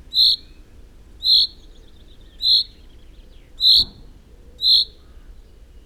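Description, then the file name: Common chaffinch calling with short, emphatic high notes roughly once per second, over quiet background noise with a soft thump midway. "Fringilla coelebs"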